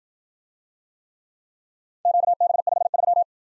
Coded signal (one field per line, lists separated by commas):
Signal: Morse code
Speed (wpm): 53 wpm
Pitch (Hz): 700 Hz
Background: none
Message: QB53